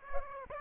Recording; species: mosquito wingbeat signal from an infrared sensor; Aedes aegypti